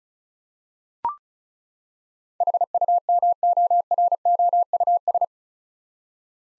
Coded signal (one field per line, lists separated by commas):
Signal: Morse code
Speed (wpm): 34 wpm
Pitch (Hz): 700 Hz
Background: none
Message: HUMOROUS